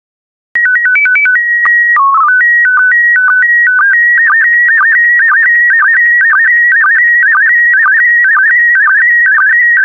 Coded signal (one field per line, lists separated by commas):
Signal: SSTV (slow-scan television)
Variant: PD 120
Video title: 146092 Monaco SSTV PD120